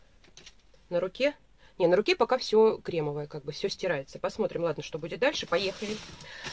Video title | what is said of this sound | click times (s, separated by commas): 💚 AVON 12 2020 -- ЗАКАЗ ЭЙВОН ПО 12 КАТАЛОГУ -- НОВИНКИ! ПОМАДА КУШОН СВОТЧИ | колпачок не закручивается кстати просто одевается до щелчка вот так хоп и все на | 0.4 s